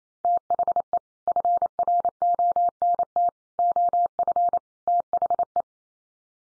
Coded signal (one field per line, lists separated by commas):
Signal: Morse code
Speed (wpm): 28 wpm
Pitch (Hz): 700 Hz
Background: none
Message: THE FRONT OF THE